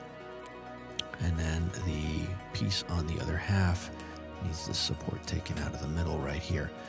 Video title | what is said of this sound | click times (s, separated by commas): Designing and prototyping a small ergonomic utility knife | blade pops right in there it just needs a little bit of cleanup | 1.0 s